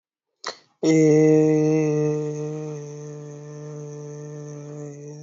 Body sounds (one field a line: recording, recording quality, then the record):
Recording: sustained vowel as in made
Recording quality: excellent, no background noise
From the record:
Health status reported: exposed to COVID-19, no respiratory illness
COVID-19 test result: not tested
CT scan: not taken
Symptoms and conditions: none ticked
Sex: male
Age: 20 years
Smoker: no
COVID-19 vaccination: both doses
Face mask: not worn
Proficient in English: yes